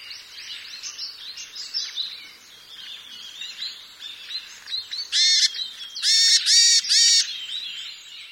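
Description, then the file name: Varied tit calls: thin chirping notes, then loud nasal buzzy notes near the end, one followed by a quick triple burst. "yamagara"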